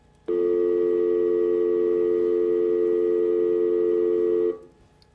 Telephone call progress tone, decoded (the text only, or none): dial tone